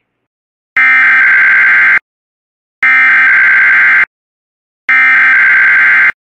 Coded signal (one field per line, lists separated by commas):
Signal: Emergency Alert System (SAME) tones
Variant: header bursts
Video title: (⚠️VALID TONES⚠️)WJONIP Comp with TONS of EAS including RWTS and Severe weather alerts